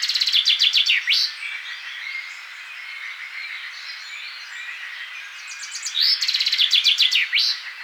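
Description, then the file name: Common chaffinch singing twice: each phrase a fast cascade of crisp notes closing in a swooping terminal flourish, separated by several seconds of soft background birdsong. "Fringilla coelebs"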